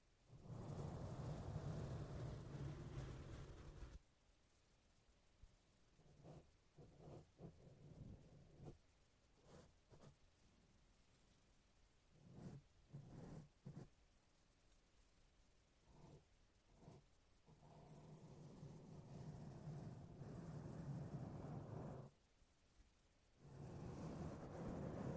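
A brush scrapes directly against a microphone in dense, rough bursts, loud, with strong low rumble. Long passages open and close the clip and return near the twenty-second mark, separated by quieter stretches of short, sharp strokes at irregular intervals.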